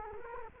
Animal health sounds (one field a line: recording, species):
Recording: mosquito wingbeat signal from an infrared sensor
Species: Culex quinquefasciatus